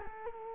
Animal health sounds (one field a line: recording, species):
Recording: mosquito wingbeat signal from an infrared sensor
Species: Culex quinquefasciatus